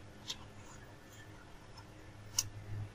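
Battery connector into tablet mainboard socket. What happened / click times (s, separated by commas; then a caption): The flat battery connector snapped into its board socket / 2.4 s. While reassembling a Samsung T515 tablet, the battery's flat connector is pressed onto its socket on the circuit board, aligned first so the socket or filters are not damaged. A faint tick comes at 0.3 s, then a sharp click at 2.4 s as the connector seats, over a low steady hum.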